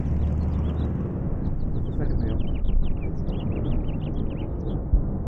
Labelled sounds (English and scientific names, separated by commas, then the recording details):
House Finch (Haemorhous mexicanus) song
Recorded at Neponsit on Long Island, New York, on 4 June 1975
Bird D